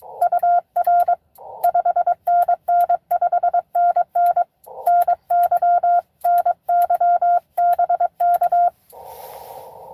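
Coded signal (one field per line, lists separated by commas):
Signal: Morse code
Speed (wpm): 23 wpm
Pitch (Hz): 700 Hz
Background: none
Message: UR 5NN 5NN NY NY BK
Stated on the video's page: Live CW parks-on-the-air activation.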